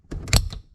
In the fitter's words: Push until you hear a click. There you go. Now give it a tug. That's not coming out.